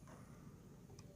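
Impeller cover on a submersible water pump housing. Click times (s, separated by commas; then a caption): 1.0 s. After the impeller is refitted, the plastic impeller cover on a submersible water pump housing is pressed on and turned until it locks in place. Over a steady low background, a short, bright click sounds at 0.99 s as the twist-lock seats.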